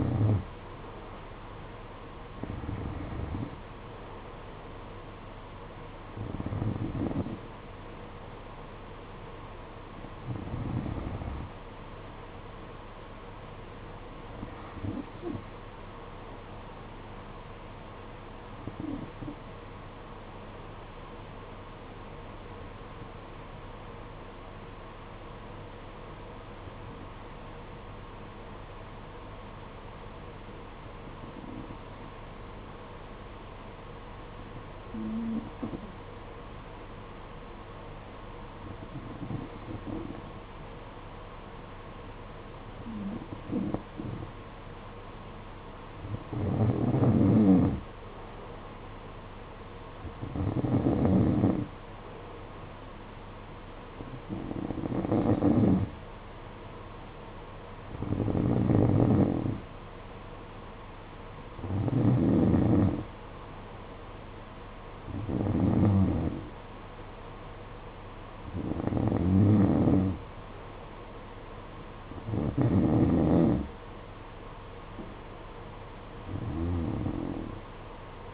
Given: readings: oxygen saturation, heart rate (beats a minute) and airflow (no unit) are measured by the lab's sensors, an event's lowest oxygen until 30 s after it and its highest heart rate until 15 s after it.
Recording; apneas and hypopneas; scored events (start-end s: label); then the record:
breathing in sleep by a voice recorder at the bedside; 1
21.00-44.40 s: hypopnea (N2, oxygen 94% highest, then 90% lowest, heart rate 55 at the start, 57 highest)
From the record:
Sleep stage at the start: N2 (light sleep); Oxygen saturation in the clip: 88 to 94%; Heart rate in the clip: 53 to 59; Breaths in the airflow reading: 21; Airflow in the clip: -7.5 to 6.9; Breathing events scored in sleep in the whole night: 476 in 9.7 hours asleep